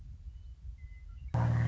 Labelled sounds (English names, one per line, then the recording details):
Western Meadowlark
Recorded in Sonoma County, California